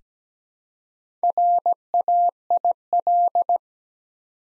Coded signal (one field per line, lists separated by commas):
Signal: Morse code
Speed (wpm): 17 wpm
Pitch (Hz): 700 Hz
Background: none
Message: RAIL